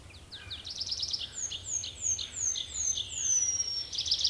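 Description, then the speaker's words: Tree Pipit song: quick chipping notes and trills followed by a series of long, high, descending whistles, ending in another fast burst of chips. Fourth most common bird in Finland; sings this phrase in a song flight or from a tree branch; field recording from Finland. "Tällaisen säkeen esittää laululennossa tai puun oksalta metsäkirvinen."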